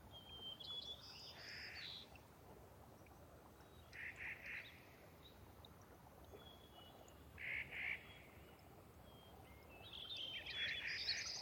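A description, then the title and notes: Soft streams trickle through a wet subalpine meadow in a steady, even wash of water sound. Over it, short bright bird calls come in bursts, near the start, around four seconds, near eight seconds, and again more busily toward the end. Thirtymile Meadows is a wet, subalpine meadow high in the Okanogan National Forest. A natural shallow bowl, it collects meltwater from each winter and slowly drains away through innumerable soft tinkling streams. When I visited in the Summer of 2019 I was never certain where the next morning's dawn chorus would arrive from.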